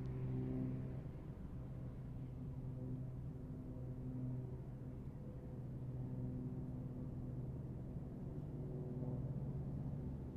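An aircraft flies in on approach to land, a steady low roar that keeps the same loudness throughout. Humming engine tones sit over the rumble and slowly shift in pitch, fading and returning every few seconds, with little bright sound above.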